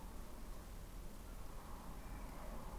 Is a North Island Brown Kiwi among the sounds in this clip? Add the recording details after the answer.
no. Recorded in New Zealand on 20 November 2013. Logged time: 21:14. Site CG25